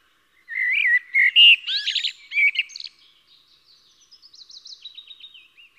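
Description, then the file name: Eurasian blackbird song: a rich fluted warble with a buzzy twittering middle, followed by a soft, high, repeated trilling series trailing off quietly. "Koltrast"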